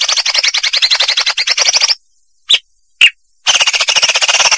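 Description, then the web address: Leafbird song: fast rattling trill of rapid repeated notes, a pause with two brief sharp notes, then the rattling trill resumes. Vietnam variety; training (masteran) recording used for tutoring birds. "cucakijo-vietnam masteran cucak-ijo"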